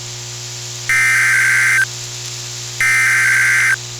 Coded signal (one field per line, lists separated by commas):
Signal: Emergency Alert System (SAME) tones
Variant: header bursts